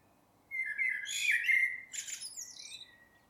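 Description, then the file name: Eurasian blackbird song: a low, fluting warbled phrase around one and a half seconds long, followed by a higher, thin squeaky twitter at the end. "Turdus merula"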